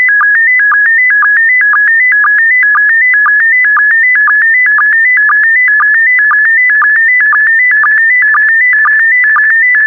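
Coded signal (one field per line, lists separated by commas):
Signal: SSTV (slow-scan television)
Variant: PD120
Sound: steady warbling tone hopping between pitches, with a low sync blip about twice a second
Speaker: transmission complete you can now check your decoded image against the picture that is shown on the video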